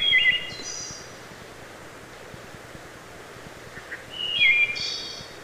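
Wood thrush song: two fluty phrases, each ending in a thin, high buzzy trill, separated by a quiet pause over steady background noise.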